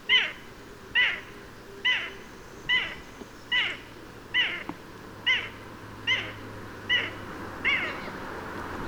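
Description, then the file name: Eurasian jay repeating ten brief, rough, descending calls at a steady pace, with a faint low hum underneath. "Garrulus glandarius"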